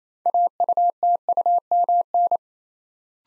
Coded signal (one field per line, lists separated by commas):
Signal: Morse code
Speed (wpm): 28 wpm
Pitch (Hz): 700 Hz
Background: none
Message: AUTUMN